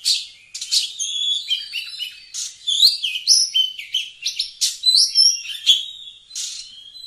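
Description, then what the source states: Oriental magpie-robin song: a continuous, varied run of sweet whistles, slurred upsweeps and scratchy chattering notes, delivered in quick bursts with brief pauses. Singing actively (gacor).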